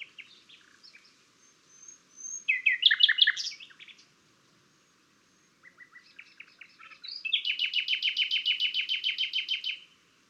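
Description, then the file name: Common nightingale song: a loud, rich, churring phrase, a pause, a few short notes, then a fast, steady series of pulsed, repeated notes lasting several seconds. "Luscinia megarhynchos"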